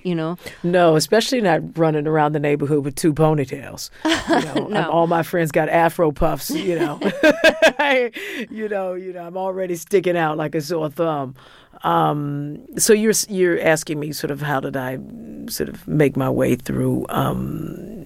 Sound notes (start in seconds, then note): 4.0 soundbite of laughter; 6.5 soundbite of laughter